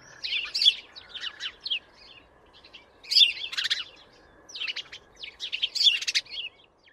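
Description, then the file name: House sparrow chirping in three bursts of bright, overlapping notes, with steady background noise underneath. "Passer domesticus"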